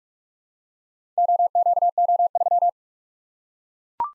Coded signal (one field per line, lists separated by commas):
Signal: Morse code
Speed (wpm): 44 wpm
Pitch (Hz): 700 Hz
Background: none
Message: OQO3